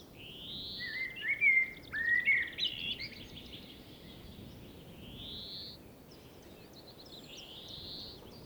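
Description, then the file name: Common blackbird song: a fluted warbling phrase of several slurred notes, with thin high twittering and rising squeaky notes before and after it. "Turdus merula"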